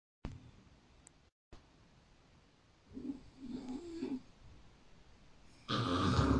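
A single low, rattling snore lasts about a second in a quiet room, with a rough, buzzing tone during the breath, as soft tissue in the upper airway vibrates during sleep. A loud burst of background noise ends the clip.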